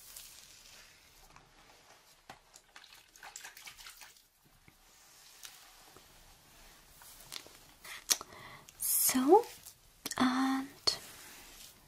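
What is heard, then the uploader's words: Leg shaving: soft, scattered scratchy strokes and faint rustles for the first eight seconds. Near nine seconds and again around ten to eleven, two loud bright hissing bursts arrive, each carrying a brief squeaky tone. ASMR OMG LEG SHAVING.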